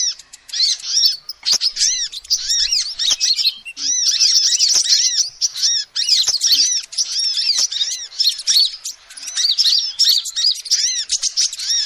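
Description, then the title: Lovebird chatters almost continuously in high, squeaky twittering notes, with occasional sharp ticks and a few short gaps. Recording used as a lure to trap birds. "PIKAT BURUNG LOVEBIRD"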